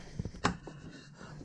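A track-mounted accessory mount is released and removed from the gear track on a kayak. A couple of soft low thumps are followed by a sharp, bright pop at 0.5 s as the accessory pops out of the track. Faint handling noise trails off afterward.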